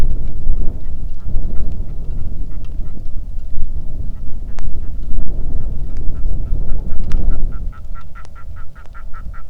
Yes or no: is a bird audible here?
yes